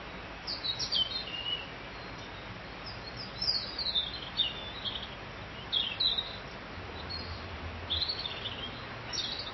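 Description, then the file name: Bird song as several short, high chirping phrases spread over several seconds, against steady background noise. "Vogel"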